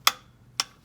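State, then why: Torque reached. A torque wrench set to about 19.5 foot-pounds tightens the oil filter housing cap on a 2009 Sienna XLE during an oil change. Two loud, sharp tick-like clicks ring out at 0.1 s and 0.6 s, each fading quickly over a low steady hum. The wrench clicks at its setting, showing the cap has reached the set torque.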